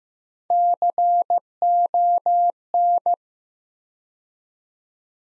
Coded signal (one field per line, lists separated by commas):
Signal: Morse code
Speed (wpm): 15 wpm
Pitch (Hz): 700 Hz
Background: none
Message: CON